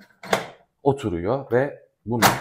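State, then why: Seated. The lid of a Vestel multi-purpose pressure cooker is lined up with the triangle mark and set down onto the pot, giving a sharp hit at 0.3 s as it seats in place. Someone then talks.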